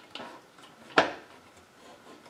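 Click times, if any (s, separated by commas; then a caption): 1.0 s. A metal pressure canner lid is lined up by its arrows on the canner body and turned into its locked position. After a soft scrape near 0.2 s, a sharp metallic click at 1.0 s marks the lid seating and locking in, followed by faint handling noise.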